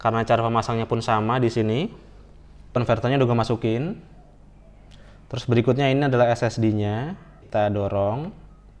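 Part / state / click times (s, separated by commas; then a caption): NVMe SSD with adapter into laptop SSD slot / not seated / none. A 1TB NVMe SSD fitted in its converter is handled and pushed toward the SSD slot of a MacBook Pro Mid 2015 A1398 while a man talks throughout. A faint short tick comes at about 4.9 s during a pause in the talk. The SSD has not seated or clicked into the slot yet.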